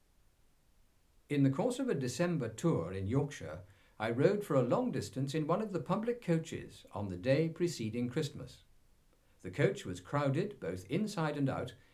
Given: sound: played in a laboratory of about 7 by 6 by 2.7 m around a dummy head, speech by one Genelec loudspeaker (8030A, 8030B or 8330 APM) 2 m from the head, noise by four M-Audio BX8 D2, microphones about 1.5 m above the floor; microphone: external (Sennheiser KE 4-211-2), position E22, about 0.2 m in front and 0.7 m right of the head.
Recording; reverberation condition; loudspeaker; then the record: male speech in English; low; 90 degrees to the right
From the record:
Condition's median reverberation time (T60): about 310 ms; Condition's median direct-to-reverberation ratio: about 3.5 dB